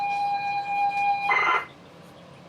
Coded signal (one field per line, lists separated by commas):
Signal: ZX Spectrum tape loading